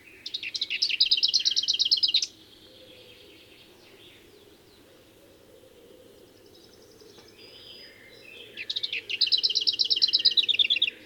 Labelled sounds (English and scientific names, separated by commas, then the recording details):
Lesser Whitethroat (Sylvia curruca) song
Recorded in the wild
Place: Glowe, Insel Rügen, Mecklenburg-Vorpommern, DE
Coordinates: 54.574, 13.433
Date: 1975-07-08 04:17
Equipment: Nagra III BH, Sennheiser MD 21, parabola
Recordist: Schubert, Michael
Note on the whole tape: Gesang Klappergrasmücke